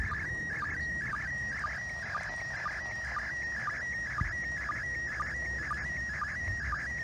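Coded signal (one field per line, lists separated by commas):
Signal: SSTV (slow-scan television)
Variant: PD120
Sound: steady warbling high tone with short low blips about twice a second, over hiss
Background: radio static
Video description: they use 145.800 down, hold the monitor button, and use a SSTV decoding app to process it, today's event was in format PD120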